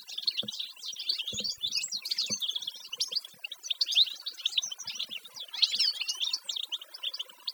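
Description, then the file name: Canary song as a continuous, dense stream of fast, high chirps and trills, rolling on with barely any pause. "Canary Voice"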